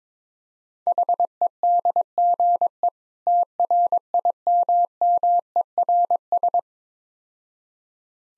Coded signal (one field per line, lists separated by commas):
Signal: Morse code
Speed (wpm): 22 wpm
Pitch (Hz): 700 Hz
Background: none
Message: HEDGE TRIMMERS